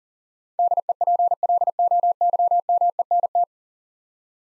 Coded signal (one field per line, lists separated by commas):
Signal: Morse code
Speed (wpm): 40 wpm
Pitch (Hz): 700 Hz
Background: none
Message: DEPLOYMENT